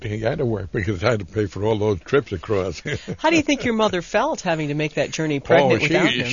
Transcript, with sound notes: He had to work because he had to pay for all those trips across. (he laughs)
How did you think your mother felt having made that journey pregnant without him?